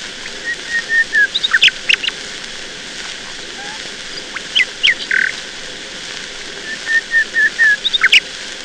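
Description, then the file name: Nightingale song in three short phrases of whistles and sharp chips, separated by short pauses, with hiss throughout. "Solovei"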